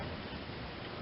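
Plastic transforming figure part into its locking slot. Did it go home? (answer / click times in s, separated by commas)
no / none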